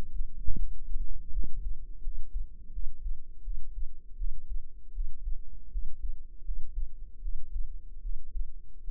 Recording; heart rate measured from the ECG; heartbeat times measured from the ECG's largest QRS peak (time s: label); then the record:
heart sounds by microphone in the right ear; 80 bpm
0.55 s: heartbeat
1.30 s: heartbeat
2.01 s: heartbeat
2.70 s: heartbeat
3.41 s: heartbeat
4.15 s: heartbeat
4.91 s: heartbeat
5.69 s: heartbeat
6.42 s: heartbeat
7.19 s: heartbeat
8.00 s: heartbeat
8.83 s: heartbeat
From the record:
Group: healthy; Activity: rest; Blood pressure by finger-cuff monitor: 98/68 mmHg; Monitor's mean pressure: 77 mmHg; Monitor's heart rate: 80 bpm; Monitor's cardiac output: 5.8 L/min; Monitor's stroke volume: 71 mL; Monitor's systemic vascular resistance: 950 dyn s/cm5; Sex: female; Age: 22 years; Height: 160 cm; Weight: 45 kg